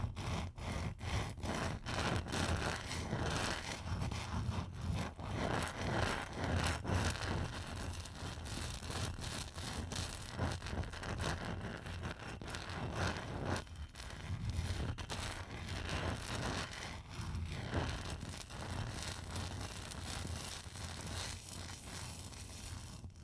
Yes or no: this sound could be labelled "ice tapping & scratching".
yes